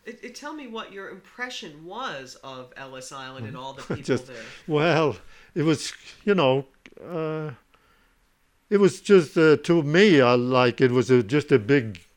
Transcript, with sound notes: Tell me what your impression was of Ellis Island and all the people there.
( he laughs ) Just, well, it was, you know, it was just, to me, like, it was just a big,